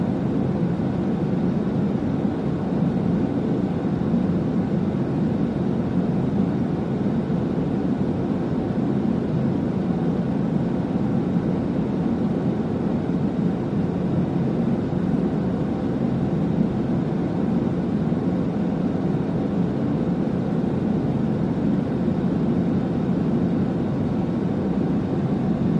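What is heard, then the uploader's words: A steady, dense rush of white noise, weighted toward a deep low rumble, unchanging throughout. White Noise For Babies All Night Sleep Sounds.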